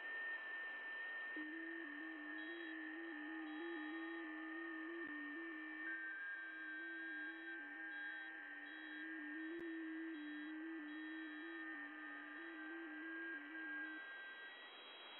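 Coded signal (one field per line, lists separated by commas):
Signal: FT8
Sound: steady hiss with a low warbling tone stepping pitch for about 13 seconds, faint whistles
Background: radio static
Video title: FT8 digi mode 17m - 18.100 MHz SWLing \ WebSDR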